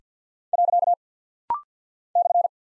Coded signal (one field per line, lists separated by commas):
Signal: Morse code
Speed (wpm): 53 wpm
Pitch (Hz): 700 Hz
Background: none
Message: . /